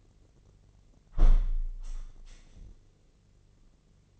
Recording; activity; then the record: daily activity, microphone in the room; close window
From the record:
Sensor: 4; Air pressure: 1013.1 hPa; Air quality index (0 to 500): 173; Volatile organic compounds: 2 ppm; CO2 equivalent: 1089 ppm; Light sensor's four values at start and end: 68/169/70/73 and 77/190/79/80